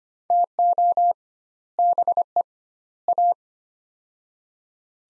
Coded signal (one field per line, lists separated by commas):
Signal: Morse code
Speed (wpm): 25 wpm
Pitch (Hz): 700 Hz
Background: none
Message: TO BE A